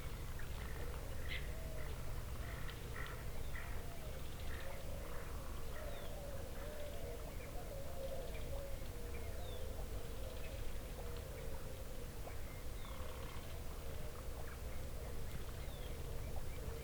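A field recording of a changing environment: a steady low rumble and a wavering mid hum, with scattered short bird-like chirps throughout.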